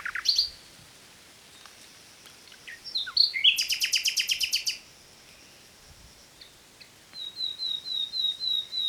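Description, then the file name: Common nightingale song with quick notes, a loud rapid rattle, then a quieter series of repeated short whistles. "Luscinia megarhynchos"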